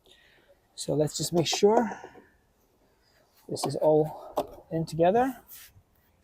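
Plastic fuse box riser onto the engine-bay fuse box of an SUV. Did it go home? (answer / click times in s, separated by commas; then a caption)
no / none. A plastic Minwin3D fuse box riser, a tight fit, is handled over the engine-bay fuse box of an SUV while someone talks. Nothing has seated or clicked yet when the clip ends.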